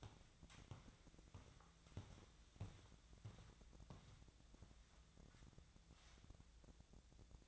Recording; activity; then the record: daily activity, microphone in the room; walk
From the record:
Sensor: 3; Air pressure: 1012.2 hPa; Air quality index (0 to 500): 184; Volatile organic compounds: 3 ppm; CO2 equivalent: 1407 ppm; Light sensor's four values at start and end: 55/146/63/67 and 54/142/62/65